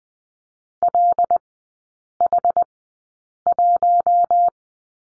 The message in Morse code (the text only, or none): LH1